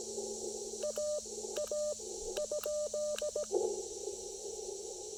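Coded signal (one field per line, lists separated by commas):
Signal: Morse code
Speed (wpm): 16 wpm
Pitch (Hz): 600 Hz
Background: radio noise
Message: AA ?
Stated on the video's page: QRP Parks on the Air activation with an Icom IC-705, LDG Z-100 Plus tuner and Chameleon Tactical Delta Loop antenna.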